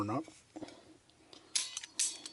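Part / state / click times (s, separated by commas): plastic suspension part on RC buggy chassis / seated / 1.6 s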